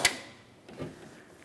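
A new rear park assist camera for a 2012–2018 Nissan Altima is slid through its mounting hole in the trunk lid, locking side first, and pressed in. A single sharp click at 0.1 s is its locking tab snapping into the trunk panel, followed by fainter handling noises, and the camera is seated.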